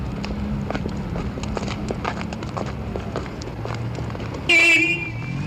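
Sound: street traffic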